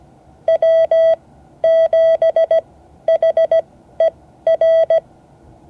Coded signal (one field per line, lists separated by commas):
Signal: Morse code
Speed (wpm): 17 wpm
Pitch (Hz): 660 Hz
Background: none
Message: W7HER